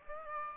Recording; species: mosquito wingbeat signal from an infrared sensor; Aedes aegypti